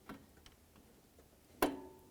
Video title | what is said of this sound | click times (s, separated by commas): How to Replace Radiator 2000-2005 Buick LeSabre | I just heard a click right there. | 1.6 s